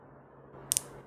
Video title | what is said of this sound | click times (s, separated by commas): Screw gauge experiment class 11- How to use and read micrometer - Least count of micrometer [EP 2] | until we hear another click sound | 0.7 s, 0.8 s